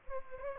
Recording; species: mosquito wingbeat signal from an infrared sensor; Anopheles gambiae